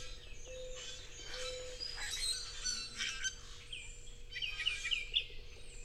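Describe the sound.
Bird song, dense chirping and twittering phrases with sharp whistled notes, over a constant low hum.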